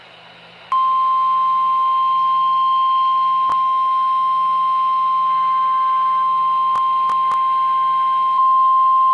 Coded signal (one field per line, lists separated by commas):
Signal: Emergency Alert System (SAME) tones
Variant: 1050 Hz attention tone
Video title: EAS Severe Thunderstorm Warning #39 (From AKQ) 7/8/25 (Credit Goes To @SouthernPennsylvaniaWX)